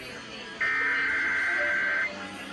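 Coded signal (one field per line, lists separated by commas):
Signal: Emergency Alert System (SAME) tones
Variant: header bursts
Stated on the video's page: Required Monthly Test relayed by Seattle-area FM, HD, TV and AM stations.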